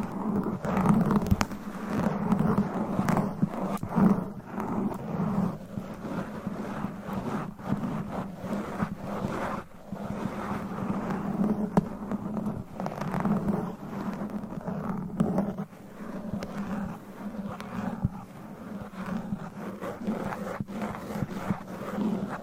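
Mic scratching for ASMR: a dense, rough rubbing that runs without pause, with a low steady hum under it. Sharp clicks and scrapes break through constantly at an irregular pace, with brief quieter dips around ten and fifteen seconds.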